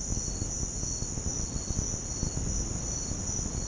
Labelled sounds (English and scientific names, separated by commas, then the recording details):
none
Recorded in pastures near Puerto Asís, Putumayo, Colombia, on 13 March 2025 at 06:30
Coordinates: 0.505, -76.324
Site GP08